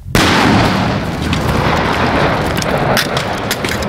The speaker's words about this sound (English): Once I found it, it started to rain. I put my hair in the glove box and I left the vehicle. I waited for the rain to leave, and then I blew up my car.